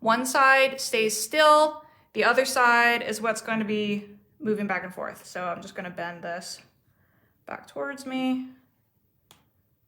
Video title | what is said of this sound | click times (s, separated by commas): Jewelry Skills Building: Amplify Embellished Chain Demo | There you go, I don't if you heard that little snap there Snap | 9.3 s